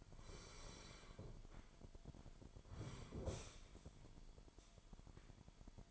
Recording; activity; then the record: daily activity, microphone in the room; sit down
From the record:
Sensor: 5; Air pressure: 998.6 hPa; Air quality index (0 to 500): 90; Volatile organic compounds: 2 ppm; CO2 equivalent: 1031 ppm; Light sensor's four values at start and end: 34/82/34/38 and 34/81/34/37